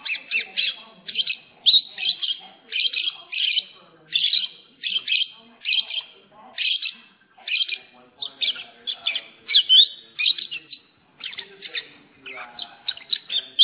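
Lovebird repeating loud shrill chirp bursts at a steady pace, with softer chatter between.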